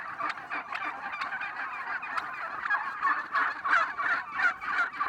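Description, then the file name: Turkeys gobbling in a busy chorus, with louder swelling calls rising above the rest toward the end. Red turkeys, several birds. "dindes rouges"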